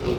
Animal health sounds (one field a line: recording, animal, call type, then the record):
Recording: contact call of a hoofed animal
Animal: pig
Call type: closed-mouth grunt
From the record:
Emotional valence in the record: positive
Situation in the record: food and toys in familiar pen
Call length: 0.19 s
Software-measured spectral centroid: 1840 Hz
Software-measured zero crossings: 1290 a second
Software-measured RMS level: -25 dBFS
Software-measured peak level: -12 dBFS